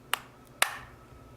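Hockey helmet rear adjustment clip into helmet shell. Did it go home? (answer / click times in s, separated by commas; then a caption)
yes / 0.1 s, 0.6 s. After the hockey helmet shell is slid to fit a player's head, the rear size-adjustment clips are pushed closed into the helmet shell. Two sharp snaps ring out at 0.1 s and 0.6 s, with a faint tick between them. The clips are seated, snapped into place.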